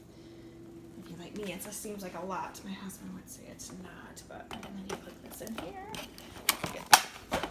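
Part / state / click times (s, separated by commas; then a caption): vacuum main unit into pole assembly / seated / 6.5 s, 6.9 s. Someone talks while the heavy main motor unit of a Hoover Impulse Cordless Vacuum is put into its pole assembly. Two strong clicks at 6.5 s and 6.9 s mark the unit clicking together onto the pole, and it is seated.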